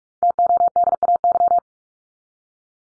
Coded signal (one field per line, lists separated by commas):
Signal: Morse code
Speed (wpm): 44 wpm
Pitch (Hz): 700 Hz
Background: none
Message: TODAY